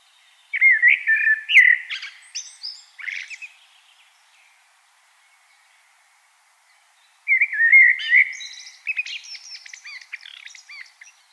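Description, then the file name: Common blackbird giving two song phrases separated by a pause, each a mellow whistled warble closing with a burst of high, scratchy twitters. "Turdus merula"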